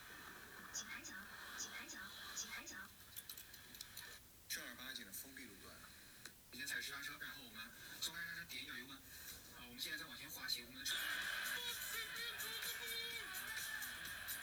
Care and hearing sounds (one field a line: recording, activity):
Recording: daily activity, guitar pickup as the sensor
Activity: browse video